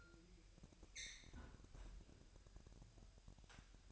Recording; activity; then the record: daily activity, microphone in the room; close fridge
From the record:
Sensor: 2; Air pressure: 1001.8 hPa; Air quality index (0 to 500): 244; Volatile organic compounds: 34 ppm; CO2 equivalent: 3037 ppm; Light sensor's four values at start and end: 8/28/11/10 and 8/28/11/10